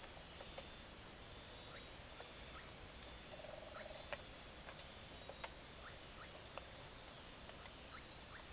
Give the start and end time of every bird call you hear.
1.60s-3.90s: bird call
5.68s-8.52s: bird call

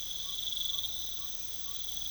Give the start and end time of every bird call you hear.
0.00s-2.10s: bird call

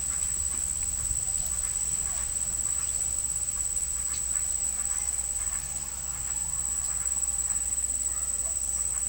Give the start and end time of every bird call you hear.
0.00s-2.88s: bird call
3.89s-9.08s: bird call

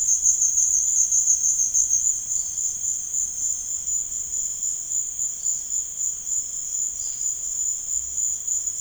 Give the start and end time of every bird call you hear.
6.89s-7.22s: bird call

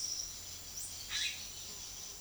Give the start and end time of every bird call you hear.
0.98s-1.48s: bird call

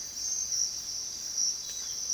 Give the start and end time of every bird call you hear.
1.56s-2.14s: bird call

